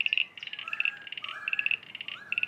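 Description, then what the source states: Common eastern froglets calling: rapid trains of high chirping pulses, with a faint lower sliding whistle underneath. Many froglets calling from a backyard pond after a day of rain.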